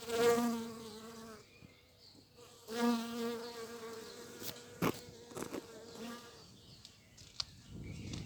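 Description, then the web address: Bee flight buzz, two steady droning passes with rich overtones, each a second or so long, then quieter clicks and rustles. Flight sounds of bumblebees and bees in the local area; date code 220507. "Vols Bourdnabeilles 220507-Abeillesducoin"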